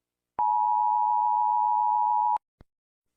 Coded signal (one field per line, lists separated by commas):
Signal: Emergency Alert System (SAME) tones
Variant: 853 and 960 Hz attention tone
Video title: @matt.-engarde Guess the EAS alarm!